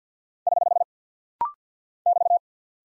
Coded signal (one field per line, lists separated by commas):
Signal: Morse code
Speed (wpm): 50 wpm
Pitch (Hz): 700 Hz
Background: none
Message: <HH> <BT>